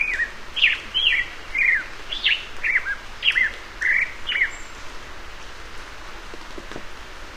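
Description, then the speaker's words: Black-headed Grosbeak song: a rambling run of rich, warbled phrases rising and falling, delivered steadily for a few seconds over soft background hiss. Wild bird heard singing while climbing into rolling foothills; song described as melodic and rambling. "As we climb into rolling foothills, we are serenaded by the melodic rambling song of a black-headed grosbeak."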